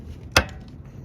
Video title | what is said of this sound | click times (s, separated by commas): RADIATOR REPLACEMENT CHEVROLET / GM TRUCKS | hear that snap and now it's locked in with that little ring | 0.4 s